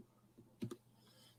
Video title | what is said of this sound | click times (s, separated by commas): M.X.S. Adrian Gonzalez - Coffee & Cigars OnoLive! 68 | and then it locks in place | 0.6 s, 0.7 s